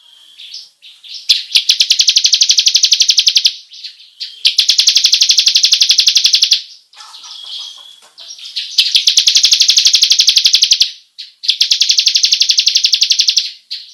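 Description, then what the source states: Bar-winged prinia giving rapid rolling trills, high and buzzy, in bursts of about two seconds separated by short pauses. Long rolling song style, locally called ngerol panjang.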